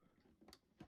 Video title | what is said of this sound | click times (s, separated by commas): How to make the Icosahedron using the Hexa Zen Triangles by Natureofflowers | you'll hear a nice satisfying click. | 0.5 s